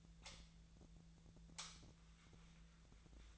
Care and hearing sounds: daily activity, microphone in the room; light on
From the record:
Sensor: 3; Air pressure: 1009.7 hPa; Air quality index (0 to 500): 191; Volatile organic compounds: 15 ppm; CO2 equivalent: 2481 ppm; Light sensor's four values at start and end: 38/94/40/43 and 44/117/49/50

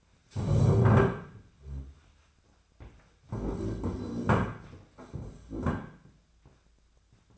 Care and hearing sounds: daily activity, microphone in the room; stand up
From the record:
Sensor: 2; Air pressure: 1007.8 hPa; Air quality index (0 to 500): 179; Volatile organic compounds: 10 ppm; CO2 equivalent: 2203 ppm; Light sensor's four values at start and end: 10/24/10/10 and 10/24/10/10

